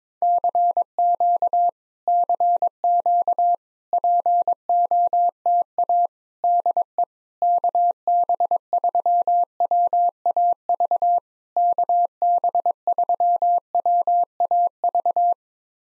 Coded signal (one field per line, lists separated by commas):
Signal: Morse code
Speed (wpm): 22 wpm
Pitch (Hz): 700 Hz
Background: none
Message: CQ CQ POTA DE KB3WAV KB3WAV